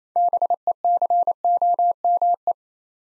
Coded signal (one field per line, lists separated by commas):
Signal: Morse code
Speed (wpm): 29 wpm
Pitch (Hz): 700 Hz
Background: none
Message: BECOME